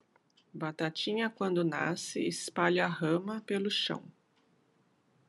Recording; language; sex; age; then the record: short text; Brazilian Portuguese; female; 50 to 59 years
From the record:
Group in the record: control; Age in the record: 57 years